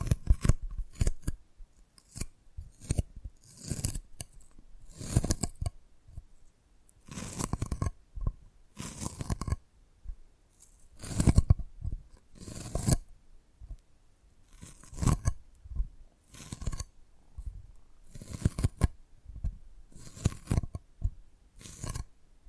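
Dalgona candy is tapped and cracked in short, sharp bursts, some single clicks and others quick scraping clusters lasting about a second. The sounds come irregularly, roughly every one to two seconds, bright and crisp, with near silence between them.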